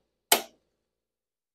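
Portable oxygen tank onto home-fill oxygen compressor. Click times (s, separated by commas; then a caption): 0.3 s. A portable oxygen tank, laid horizontally on the cradle of a home-fill oxygen compressor with its fill fitting facing down, is pushed down onto the compressor fitting. A single sharp click sounds at 0.3 s and fades within about 0.2 s, followed by silence. The tank is locked and seated on the compressor.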